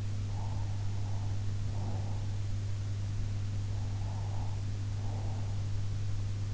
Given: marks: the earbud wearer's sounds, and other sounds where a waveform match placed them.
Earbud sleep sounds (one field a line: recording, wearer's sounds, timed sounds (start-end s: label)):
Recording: sounds in sleep by an in-ear microphone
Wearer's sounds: breath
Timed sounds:
0.36-2.27 s: breath
3.87-5.51 s: breath